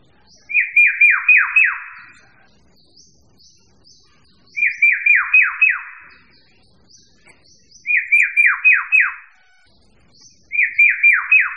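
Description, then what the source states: Birds singing: one repeats a rapid run of falling whistled notes every few seconds, while a thinner, higher voice adds short chips in the pauses. Mixed birds.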